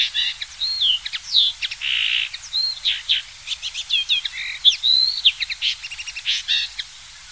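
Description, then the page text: Common linnet singing, a varied twittering stream of quick chirps, slurred whistles and dry buzzy rattles, high-pitched and nearly continuous. "Common Linnet SongTornirisk Коноплянка Linotte. knut the bird nerd"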